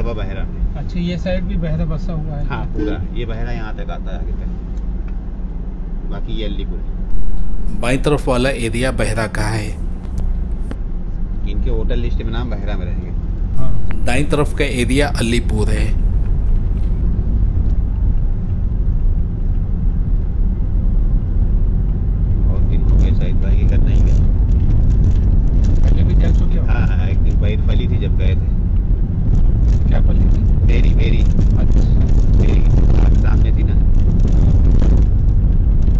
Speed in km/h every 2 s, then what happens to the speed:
7, 3, 1, 2, 5, 10, 12, 15, 17, 20, 26, 27, 27, 25, 23, 23, 20, 19.
3-7 standing. 7-21 pulls away to 27. 21-36 steady at about 23.